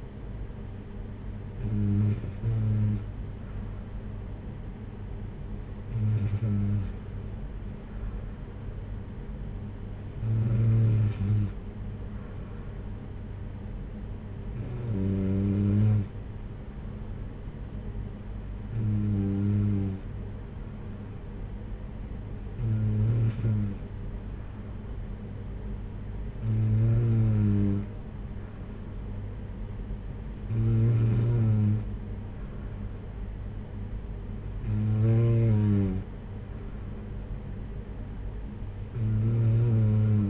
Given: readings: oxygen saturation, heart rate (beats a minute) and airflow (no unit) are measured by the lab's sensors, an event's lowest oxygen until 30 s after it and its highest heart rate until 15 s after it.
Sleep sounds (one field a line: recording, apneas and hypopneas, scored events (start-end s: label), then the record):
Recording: breathing in sleep by a smartphone at the bedside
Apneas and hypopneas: none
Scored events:
none scored
From the record:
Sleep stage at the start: N2 (light sleep)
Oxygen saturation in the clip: 93 to 94%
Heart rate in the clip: 54 to 60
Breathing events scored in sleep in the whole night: 226 in 8.8 hours asleep